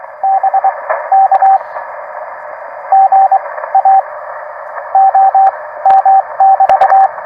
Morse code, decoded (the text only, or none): BK GA OM <BT>